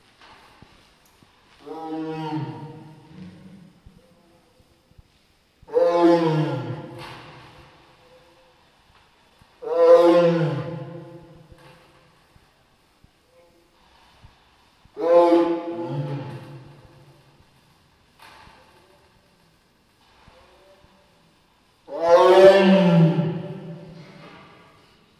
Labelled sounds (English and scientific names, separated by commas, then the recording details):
Tiger (Panthera tigris) call
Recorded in captivity
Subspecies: altaica
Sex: female
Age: adult
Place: Zoo Prag, CZ
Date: 1967-09-14 09:30
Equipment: Uher 4000 Report-S, Transistorverstärker II, Sennheiser MD 421
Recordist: Tembrock, Günter
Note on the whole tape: Amur-Tiger oder Sibirischer Tiger: Weibchen, diverse Rufe, der zweisilbige (hier einmal aufgenommen) wurde vorher mehrfach geäußert, umherlaufend, Abstand ca. 5 m. Aufnahmen von 9.30 - 11.00 Uhr